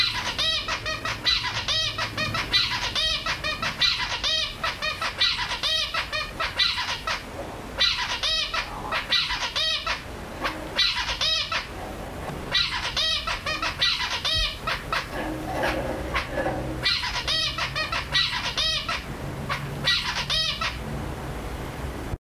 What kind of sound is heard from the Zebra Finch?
call